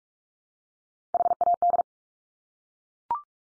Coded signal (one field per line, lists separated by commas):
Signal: Morse code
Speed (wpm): 44 wpm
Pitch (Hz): 700 Hz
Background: none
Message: HAD